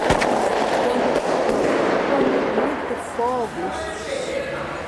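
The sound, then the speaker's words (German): A sharp gunshot crack opens, followed by a few fainter pops over steady, busy street noise, with voices briefly audible. These are warning shots fired by drug-gang lookouts in the Jacarezinho favela, Brazil, as police approach. “Viele Schüsse bedeuten, es wird gefährlich.”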